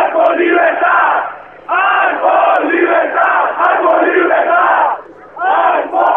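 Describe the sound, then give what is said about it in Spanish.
A loud protest crowd chants a freedom slogan in unison, the shouted phrases rising and falling in rhythmic bursts with brief dips between repetitions. “Vale, bueno, pues entonces me imagino que estáis escuchando de fondo los gritos de Alfa Libertad.”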